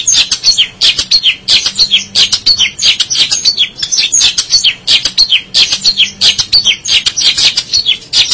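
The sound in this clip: Shrike song, a fast, continuous run of harsh, scratchy chattering notes high in pitch.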